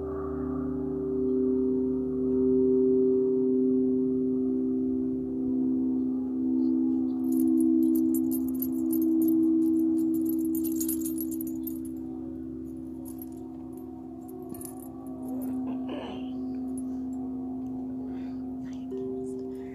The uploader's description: Tibetan singing bowls, gypsy bracelet, Native American tribal drumming, the birds, wind chimes, kitties joining in